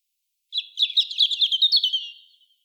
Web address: SETE Erithacus rubecula